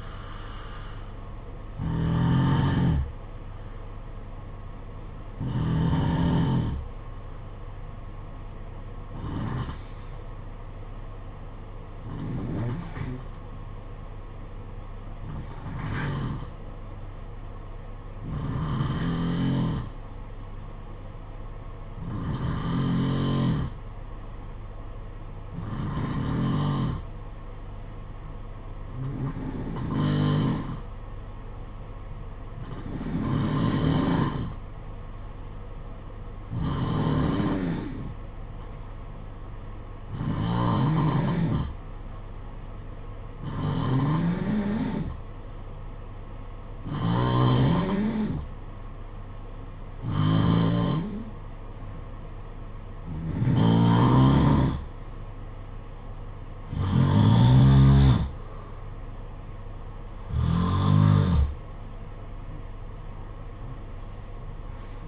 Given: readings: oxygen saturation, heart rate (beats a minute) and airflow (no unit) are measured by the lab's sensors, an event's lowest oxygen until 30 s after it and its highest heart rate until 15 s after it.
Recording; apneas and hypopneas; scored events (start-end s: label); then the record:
breathing in sleep by a smartphone at the bedside; 1
11.00-54.60 s: hypopnea (N1, oxygen 94% highest, then 89% lowest, heart rate 53 at the start, 64 highest)
14.00-65.08 s: new sleep stage, N2 (light sleep)
From the record:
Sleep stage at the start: N1 (lightest sleep); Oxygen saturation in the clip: 89 to 94%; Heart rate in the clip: 52 to 64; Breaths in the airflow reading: 19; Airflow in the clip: -11.9 to 7.9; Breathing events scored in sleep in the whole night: 476 in 9.7 hours asleep